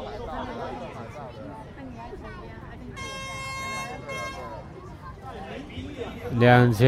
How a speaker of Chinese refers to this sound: 2006年导演联盟，他们人手一支的瓦斯汽笛。